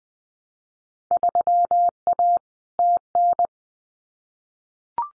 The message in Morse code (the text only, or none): 3A TN